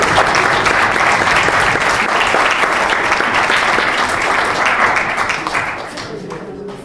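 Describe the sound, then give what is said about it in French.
An audience applauds guests who came to say goodbye: a dense, even wash of many hands clapping that holds loud for about five seconds, then thins out and fades toward the end. “Vous les applaudir quand même.”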